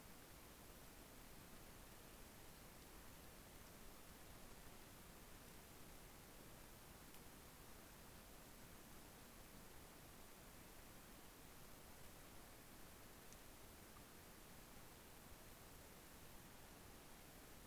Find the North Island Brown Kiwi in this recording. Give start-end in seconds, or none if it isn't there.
none